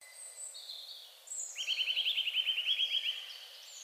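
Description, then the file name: Eurasian nuthatch giving one rapid trill of sharp repeated notes lasting under two seconds, after a few thin high calls. "Sitta europaea"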